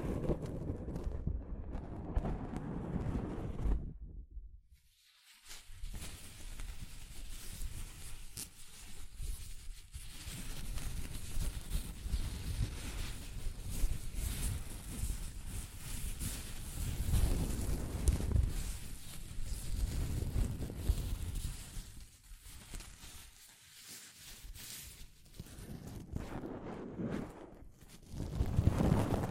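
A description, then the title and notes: Soft fabric brushes over a microphone in continuous muffled rubbing sweeps, dense and low, pausing briefly near five seconds and again near twenty-seven. ASMR Mic Brushing using Soft Fabric (No Talking).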